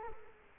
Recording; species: mosquito wingbeat signal from an infrared sensor; Culex quinquefasciatus